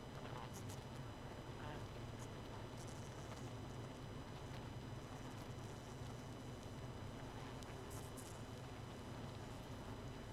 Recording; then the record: honeybee colony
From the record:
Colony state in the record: missing queen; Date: 31 May 2018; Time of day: 22:49